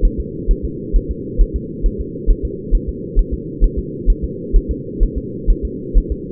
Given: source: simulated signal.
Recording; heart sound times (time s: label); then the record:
fetal heart sounds
0.05 s: S1
0.20 s: S2
0.51 s: S1
0.65 s: S2
0.96 s: S1
1.11 s: S2
1.41 s: S1
1.56 s: S2
1.86 s: S1
2.00 s: S2
2.30 s: S1
2.45 s: S2
2.75 s: S1
2.89 s: S2
3.19 s: S1
3.34 s: S2
3.64 s: S1
3.79 s: S2
4.10 s: S1
4.24 s: S2
4.56 s: S1
4.71 s: S2
5.03 s: S1
5.18 s: S2
5.50 s: S1
5.65 s: S2
5.98 s: S1
6.12 s: S2
From the record:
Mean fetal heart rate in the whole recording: 130 bpm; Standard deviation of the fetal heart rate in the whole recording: 2 bpm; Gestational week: 38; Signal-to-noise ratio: -4.1 dB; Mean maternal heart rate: no maternal heart sound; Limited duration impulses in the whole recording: absent